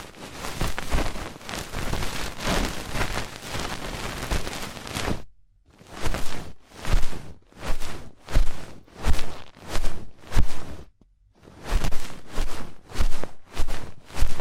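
Fast, intense ear cleaning: dense, crackly scratching and rustling that sounds almost like rain on a surface. For the first five seconds it runs as a continuous rough stream, then breaks into quick rhythmic strokes, roughly one per second, with brief silent pauses between bursts.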